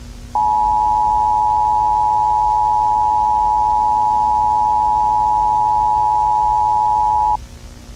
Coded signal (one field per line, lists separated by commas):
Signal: Emergency Alert System (SAME) tones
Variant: 853 and 960 Hz attention tone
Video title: [EAS SCENARIO] DANSE MACABRE